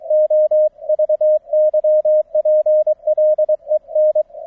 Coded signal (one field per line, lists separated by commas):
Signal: Morse code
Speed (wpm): 23 wpm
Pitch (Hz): 620 Hz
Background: none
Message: O VY PLEN